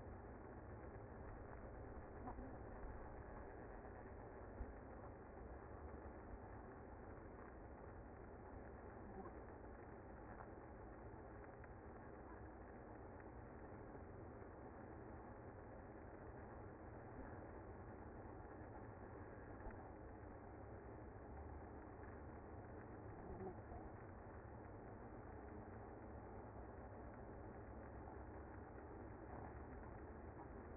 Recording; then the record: honeybee colony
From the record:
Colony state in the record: active